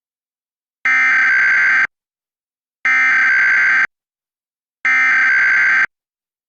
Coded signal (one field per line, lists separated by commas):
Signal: Emergency Alert System (SAME) tones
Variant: header bursts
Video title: National EAS test on DirecTV (8/7/19)